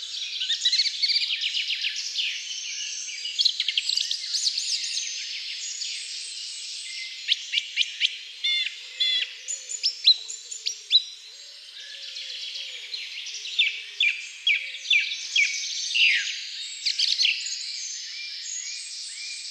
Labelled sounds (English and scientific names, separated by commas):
Song Thrush (Turdus philomelos) song